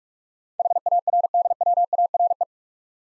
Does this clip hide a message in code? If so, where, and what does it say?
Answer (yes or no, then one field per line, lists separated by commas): yes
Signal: Morse code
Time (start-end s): 0.6-2.4 s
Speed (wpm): 46 wpm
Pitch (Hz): 700 Hz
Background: none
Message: HARDWARE